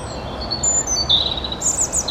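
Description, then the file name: European robin song, a short run of high, thin, sustained whistles, then a quick twittered flourish, over low background noise. "Erithacus rubecula"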